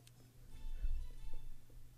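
Low, rumbling gurgle swelling for about a second in a quiet room: an adult's normal stomach growling (borborygmi), loud enough to be clearly heard.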